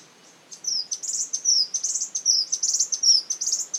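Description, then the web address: Spotted scrubwren calling in a steady stream of high, thin, scratchy chips and short slurs that starts after about half a second and runs without pause to the end. "sound spotted-scrubwren. صدای-پرنده-خسنشین-خالدار"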